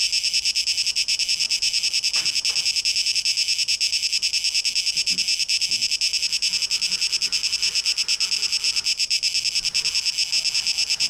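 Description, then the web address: Cicada song: a high, rhythmically pulsing buzz holding steady, with a couple of faint low taps early on. Cicadas, 12 August 2023. "rauschpartikel 2023-08-12 Zikaden"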